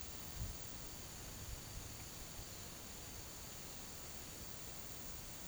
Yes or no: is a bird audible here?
no